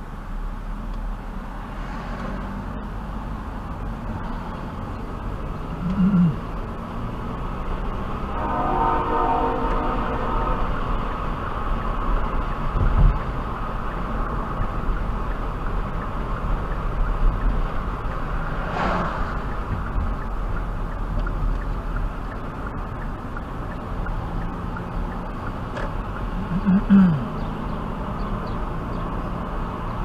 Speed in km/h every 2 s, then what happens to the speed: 18, 16, 24, 32, 40, 45, 45, 44, 40, 37, 31, 27, 34, 40, 44.
2-10 speeds up to 45. 10-15 steady at about 45. 15-20 slows to 31. 23-30 speeds up to 44.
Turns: 19-23.